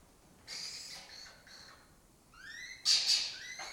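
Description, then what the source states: Lesser kestrel rasping calls, a soft scratchy series, then a thin rising tonal note and a loud harsh burst. Colony of migratory lesser kestrels occupying an abandoned building or house complex in Doñana; forages in West Africa, breeds in southern Europe.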